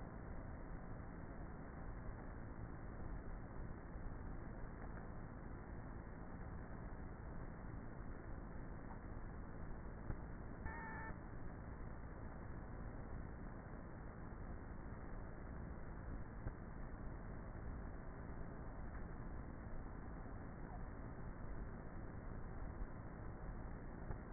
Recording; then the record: honeybee colony, microphone inside the hive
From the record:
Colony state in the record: queenless with a low population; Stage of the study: before two queens were removed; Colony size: about 30,000 bees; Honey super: no